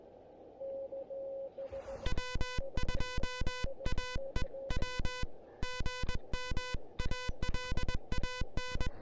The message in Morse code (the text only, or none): W2AEW GM ALAN